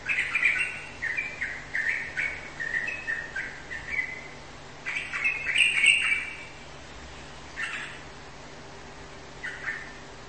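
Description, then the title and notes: Bird song: several runs of quick, choppy chirping phrases, the longest at the start and middle, then short isolated notes trailing off, over a constant low hum. "Kicau Burung Lengkap"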